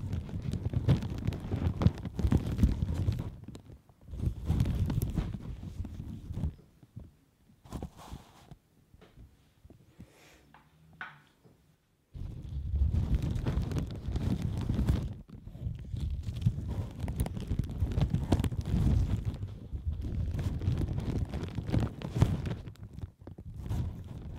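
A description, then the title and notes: Crinkly rubbing of latex gloves and plastic brushing across the mic in dense bursts, broken by near-silent pauses around eight and eleven seconds. ASMR French 5 Triggers (Latex gloves, Mic brushing, Plastic on mic, tweezers.)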